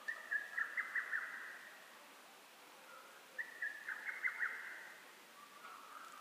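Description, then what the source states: Lesser cuckoo giving whistled phrases of quick staccato notes, two phrases over a steady hiss of background noise. Recorded 12 June 2010.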